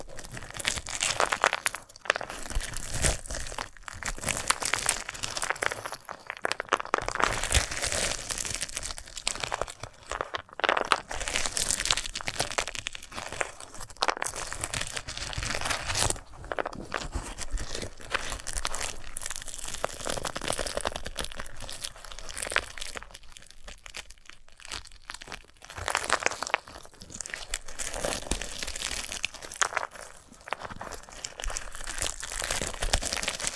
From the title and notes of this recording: ASMR of a Sunflower Head (No Talking).